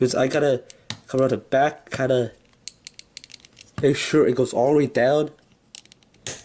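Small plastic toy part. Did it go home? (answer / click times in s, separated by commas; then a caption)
yes / 5.8 s, 6.3 s. A part at the back of a plastic transforming figure is pushed all the way down into its locked robot-mode position. Someone talks while small plastic clicks and taps sound, and the part clicks into place at 5.8 s and 6.3 s.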